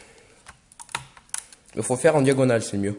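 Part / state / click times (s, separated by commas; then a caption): CPU cooler push pin into motherboard hole / not seated / none. Someone handles the diagonally opposite plastic push pin of a CPU cooler, about to press it into its motherboard hole. Faint plastic ticks and taps are heard between about 0.5 and 1.5 s, and someone talks from about 1.8 s to the end. Nothing has seated or clicked in yet.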